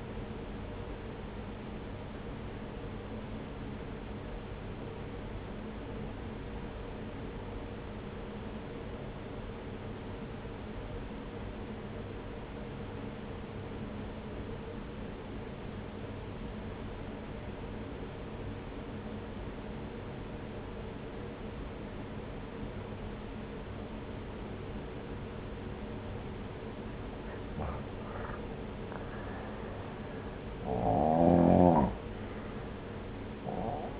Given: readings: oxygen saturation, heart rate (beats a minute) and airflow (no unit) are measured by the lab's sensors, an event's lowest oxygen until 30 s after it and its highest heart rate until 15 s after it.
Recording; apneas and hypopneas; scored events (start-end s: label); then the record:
breathing in sleep by a voice recorder at the bedside; 1
3.00-28.20 s: obstructive apnea (N1, oxygen 96% highest, then 90% lowest)
14.00-34.00 s: new sleep stage, N2 (light sleep)
From the record:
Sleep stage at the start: N1 (lightest sleep); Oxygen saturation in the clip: 86 to 96%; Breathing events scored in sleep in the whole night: 303 in 8.1 hours asleep